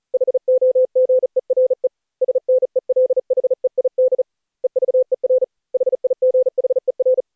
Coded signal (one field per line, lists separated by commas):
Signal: Morse code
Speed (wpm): 28 wpm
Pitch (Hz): 510 Hz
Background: none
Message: HOGERE SNELHEID EVER HIGHER